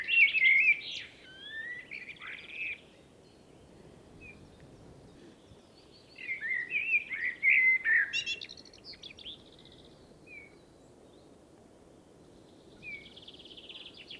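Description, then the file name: Common blackbird song with two mellow warbled phrases several seconds apart, followed by faint high notes. "Turdus merula"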